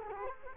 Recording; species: mosquito wingbeat signal from an infrared sensor; Culex quinquefasciatus